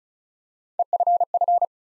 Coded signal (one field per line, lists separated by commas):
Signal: Morse code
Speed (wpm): 36 wpm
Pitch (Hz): 700 Hz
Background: none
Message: EFF